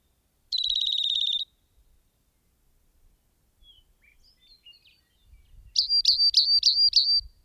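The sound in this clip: Rock wren song: a fast buzzy trill of repeated notes, then faint scattered chips, then a loud series of sharp repeated notes with a low rumble beneath.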